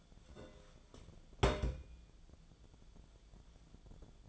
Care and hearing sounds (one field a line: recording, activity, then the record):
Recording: daily activity, microphone in the room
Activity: place on stove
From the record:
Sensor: 5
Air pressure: 1010.1 hPa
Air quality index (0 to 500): 147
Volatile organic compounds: 3 ppm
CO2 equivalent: 1434 ppm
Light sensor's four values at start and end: 250/613/260/284 and 253/615/263/288